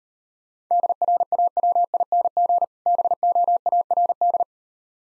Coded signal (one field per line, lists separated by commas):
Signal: Morse code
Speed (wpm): 38 wpm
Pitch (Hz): 700 Hz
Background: none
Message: DRAWING BOARD